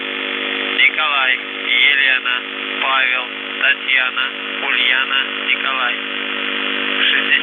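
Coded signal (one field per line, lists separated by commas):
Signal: numbers station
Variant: UVB-76, Russian voice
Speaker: there were four Russian doomsday messages transmitted on the Russian buzzer, which is one of Russia's primary nuclear war frequencies. So I want to play a sample of these messages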